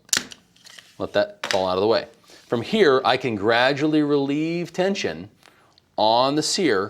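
During disassembly of a Ruger Mk IV / 22/45 pistol for a competition trigger kit install, the magazine is popped out of the pistol grip frame with a sharp, loud hit at 0.1 s, followed by a few fainter ticks. Someone then talks for the rest of the clip. The magazine is released.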